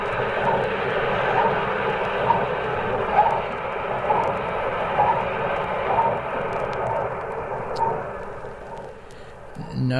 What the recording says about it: Heartbeat of Laika, the dog, in Sputnik number 2, recorded on November 6th, 1957. Fading was quite severe that night on account of Aurora Borealis display, so we have taken 10 good clear heartbeats, repeated it several times, and spliced them together. The splicing is not perfect, so that the break in rhythm is obvious. That's not the sound of Laika barking, that's the sound of her heartbeat, well, telemetry of it.